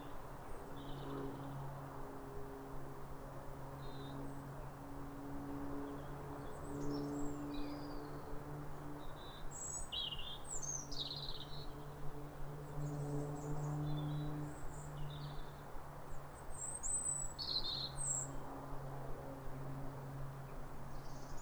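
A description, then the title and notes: Robins sing short, bright, wistful phrases in the high range, coming in scattered bursts through the clip, busiest around the middle and near the end. Underneath runs a steady low hum with a droning tone, like traffic or machinery. A chorus of New Year's robins. After weeks of rain, it's a clear, calm rosy sunrise. A pair of robins in neighbouring gardens welcome the early sun with wistful phrases as if chatting over the fence. It's a duet to warm the soul in the depths of winter.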